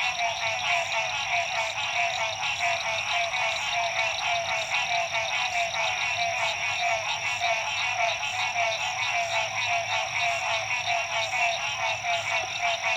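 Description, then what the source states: Dense frog chorus, countless trilled calls blending into a continuous throbbing drone with a thin high whine above. Frogs at dusk, La Rue PH, Illinois.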